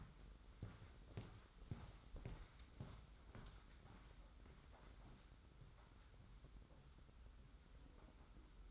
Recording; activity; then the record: daily activity, microphone in the room; walk to room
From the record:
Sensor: 3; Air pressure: 991.1 hPa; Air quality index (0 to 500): 103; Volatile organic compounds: 38 ppm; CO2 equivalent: 3122 ppm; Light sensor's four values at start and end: 43/119/48/42 and 44/123/50/44